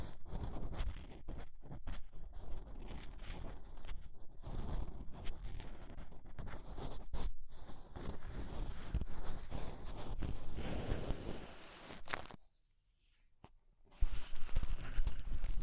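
Ear cleaning with rhinestone and clay removal: dense scratchy rubbing and crackling, brief near-silence around twelve seconds, then louder scraping resumes.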